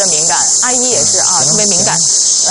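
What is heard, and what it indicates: A steady, shrill, high-pitched buzzing hiss holds at constant loudness throughout, like summer cicadas, with faint wavering tones beneath it. This is a simulated cicada-like tinnitus sound, one of the high-pitched ringing types heard in tinnitus.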